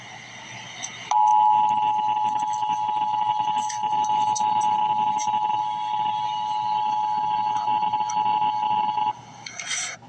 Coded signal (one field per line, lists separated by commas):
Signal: Emergency Alert System (SAME) tones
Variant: 853 and 960 Hz attention tone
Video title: Emergency Alert System - Dense Fog Advisory - May 17, 2024 at 9:56 PM EDT